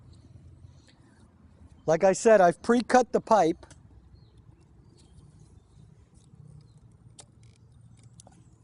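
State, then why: Seated. A push-fit quick connect fitting is pushed down onto the pre-cut incoming water pipe of a whole-house water filter. Someone talks from about 1.9 to 3.6 seconds, then there is quiet. Two sharp clicks follow at 7.2 and 8.2 seconds as the fitting seats on the pipe.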